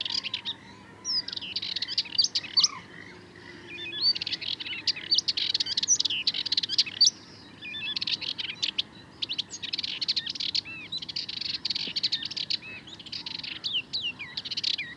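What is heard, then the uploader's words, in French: A Sardinian warbler sings a fast, scratchy, nervous chatter in dense near-continuous bursts, bright, over a faint low hum. Le Charnier - Camargue - Parabole Wildtronic - mkh8020 - Mixpre 3. Entre chien et loup, quand la lumière du jour n'est pas encore pleine et la nuit encore présente, les oiseaux aiment chanter. Ici une Fauvette mélanocéphale (Sylvia melanocephala) qui m'a offert un long monologue de son chant incroyablement nerveux et rapide.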